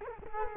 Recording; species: mosquito wingbeat signal from an infrared sensor; Culex quinquefasciatus